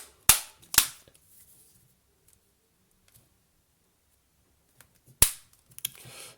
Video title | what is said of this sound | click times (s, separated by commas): Homtom HT37 déballage pour Gearbest | Voilà, il est bien clipsé. | 0.3 s, 0.8 s, 5.2 s